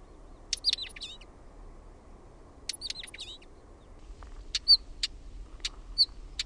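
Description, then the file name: Northern wheatear calls: sharp whistled notes mixed with hard clicking ticks, in two short bursts and then scattered single notes, over a low rumble. "KIVITASKU"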